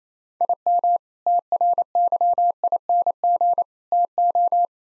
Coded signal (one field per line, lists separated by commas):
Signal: Morse code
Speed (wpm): 28 wpm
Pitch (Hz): 700 Hz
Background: none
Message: IM TRYING TO